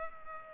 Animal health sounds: mosquito wingbeat signal from an infrared sensor; Culex pipiens

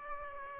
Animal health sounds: mosquito wingbeat signal from an infrared sensor; Aedes aegypti

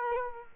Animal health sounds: mosquito wingbeat signal from an infrared sensor; Culex quinquefasciatus

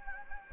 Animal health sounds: mosquito wingbeat signal from an infrared sensor; Anopheles gambiae

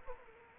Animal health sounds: mosquito wingbeat signal from an infrared sensor; Culex quinquefasciatus

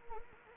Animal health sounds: mosquito wingbeat signal from an infrared sensor; Anopheles gambiae

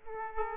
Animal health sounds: mosquito wingbeat signal from an infrared sensor; Aedes aegypti

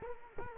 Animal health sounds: mosquito wingbeat signal from an infrared sensor; Culex quinquefasciatus

